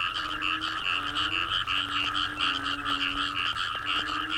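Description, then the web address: Frogs in a loud, thick chorus of pulsed croaks, with a drawn-out low tone running beneath. Wetland frog chorus recorded at Cherating wetlands, Malaysia. "yamaha frogs cherating wetlands. audio soundscape malaysia"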